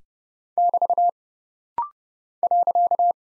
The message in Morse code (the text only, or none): <BT> .